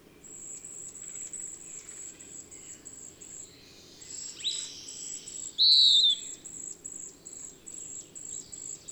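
Bird calls: a few sweeping notes around the middle, then one loud whistled note, over a steady high pulsing insect-like trill.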